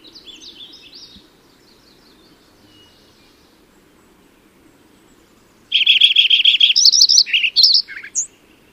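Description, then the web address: Lincoln's sparrow: a faint partial song, a long pause, then a loud song of rapid buzzy trilling followed by jumpy warbled notes. Recorded in California. "Lincoln's Sparrow Sounds Calif CLO"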